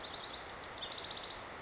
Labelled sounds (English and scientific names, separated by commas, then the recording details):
House Wren (Troglodytes aedon)
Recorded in Sonoma County, California